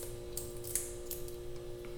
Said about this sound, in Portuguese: Eu vou acelerar essa parte porque senão vai ficar muito chato eu descascando o alho que nem um retardado aqui, você ouvindo, porque senão não tem muita graça.